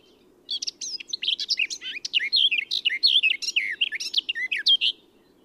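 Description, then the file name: Eurasian blackcap song: a single continuous phrase of about four seconds of fast, varied chirps and clear whistled notes over a faint low hum. "Sylvia atricapilla"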